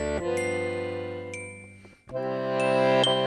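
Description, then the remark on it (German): Distant cowbells from a herd ring out in a layered, sustained metallic chord, struck once, fading slightly, then struck again and ringing on steadily, with no voices. “Ferne Herdenglocken läuten.”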